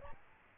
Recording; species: mosquito wingbeat signal from an infrared sensor; Aedes albopictus